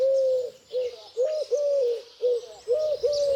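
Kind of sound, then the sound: bird, eurasian collared dove cooing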